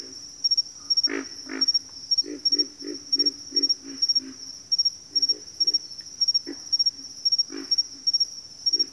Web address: Nature Sounds Sounds of Nature Collection 06 Pig Frogs